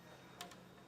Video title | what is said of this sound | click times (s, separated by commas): etrailer - Set up: Firestone Air Command Heavy Duty Air Compressor on a 2019 Ford F-450 Super Duty | push it up make sure it locks into place | 0.4 s